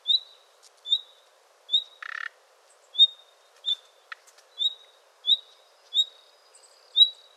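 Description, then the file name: Common nightingale uttering a steady series of high whistles about every half to one second, with a brief dry buzzy rattle and a short click. "Luscinia megarhynchos"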